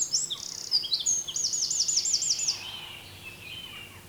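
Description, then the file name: Eurasian wren song, very high and rapid, with a rolling trill of looping notes; a softer, lower whistle trails off afterward. "Troglodytes troglodytes"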